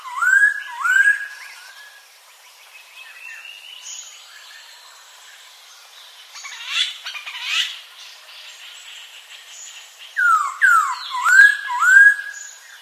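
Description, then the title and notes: Bird song of repeated upswept whistles, clustered at the start and again near the end, with buzzy and chattering notes between. Training recording for Birds, a compilation of bird songs. "Kumpulan Masteran Burung Terlengkap Dan Terbaik"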